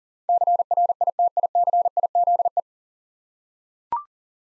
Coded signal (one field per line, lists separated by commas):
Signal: Morse code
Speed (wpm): 40 wpm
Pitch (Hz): 700 Hz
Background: none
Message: CRITICIZE